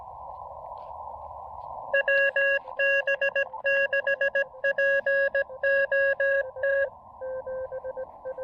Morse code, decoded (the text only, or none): WB6POT